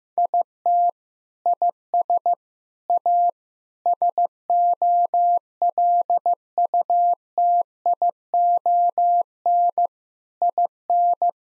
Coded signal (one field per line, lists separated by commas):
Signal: Morse code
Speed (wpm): 16 wpm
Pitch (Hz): 700 Hz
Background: none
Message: IT IS A SOLUTION IN